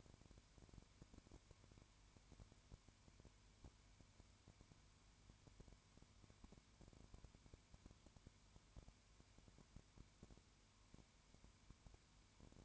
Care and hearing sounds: daily activity, microphone in the room; no activity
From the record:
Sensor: 2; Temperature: 20.0 degrees Celsius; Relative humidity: 32.1%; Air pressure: 1001.1 hPa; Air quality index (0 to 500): 55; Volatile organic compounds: 1 ppm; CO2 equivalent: 603 ppm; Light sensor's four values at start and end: 2/3/2/2 and 2/3/2/2

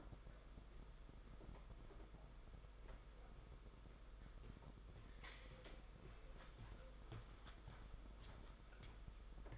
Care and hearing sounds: daily activity, microphone in the room; walk to room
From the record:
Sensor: 5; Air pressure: 991.3 hPa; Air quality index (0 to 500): 94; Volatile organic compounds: 12 ppm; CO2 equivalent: 2370 ppm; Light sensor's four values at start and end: 35/117/44/47 and 34/110/41/44

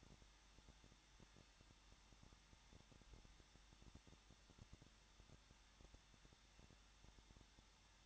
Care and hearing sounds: daily activity, microphone in the room; no activity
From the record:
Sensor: 3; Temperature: 21.2 degrees Celsius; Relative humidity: 36.4%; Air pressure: 1006.4 hPa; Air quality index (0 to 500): 223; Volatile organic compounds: 42 ppm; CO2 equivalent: 3188 ppm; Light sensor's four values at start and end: 2/3/2/2 and 2/3/2/2

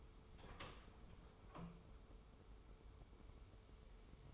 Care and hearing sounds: daily activity, microphone in the room; open door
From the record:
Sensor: 1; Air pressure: 1015.2 hPa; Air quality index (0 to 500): 153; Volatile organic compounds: 8 ppm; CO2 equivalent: 2114 ppm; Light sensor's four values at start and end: 14/33/14/15 and 14/33/14/15

